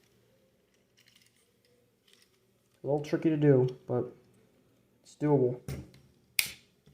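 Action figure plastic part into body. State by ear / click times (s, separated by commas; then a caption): seated / 6.4 s. A plastic part of a Transformers Studio Series 05 Voyager Class ROTF Optimus Prime action figure is pushed into the figure's body, a tricky push, while someone talks. A few faint ticks sound near the start, then a loud, sharp snap at 6.4 s as the part locks into place.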